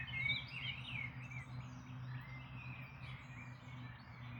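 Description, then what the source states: Birds singing in chorus, a loud burst of fast chirping and warbling at the start, then continued overlapping songs from several birds over a steady low hum. Dawn chorus recorded in May 2026.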